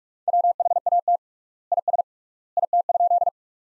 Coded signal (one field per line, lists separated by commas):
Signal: Morse code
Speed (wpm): 47 wpm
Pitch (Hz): 700 Hz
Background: none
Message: WHAT IS IT?